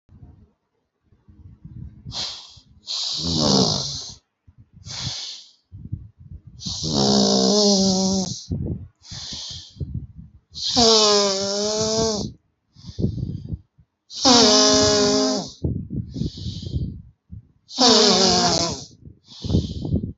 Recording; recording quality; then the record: deep breathing; excellent, no background noise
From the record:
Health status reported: healthy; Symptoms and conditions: none ticked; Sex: male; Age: 32 years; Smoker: not ticked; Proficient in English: yes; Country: India